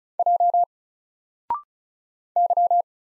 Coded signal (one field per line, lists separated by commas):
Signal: Morse code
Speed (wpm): 36 wpm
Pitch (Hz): 700 Hz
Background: none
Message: J Y